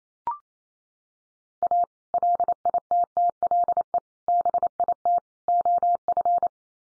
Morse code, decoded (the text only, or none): A LITTLE BIT OF